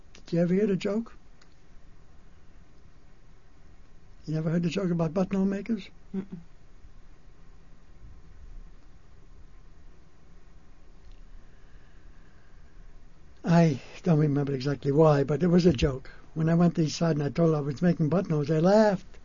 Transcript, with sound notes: Did you ever hear the joke? You never heard the joke about buttonhole makers?
Uh-huh.
[pause] I don't remember exactly why, but there was a joke. When I went to the East Side and I told them I was making buttonholes, they laughed.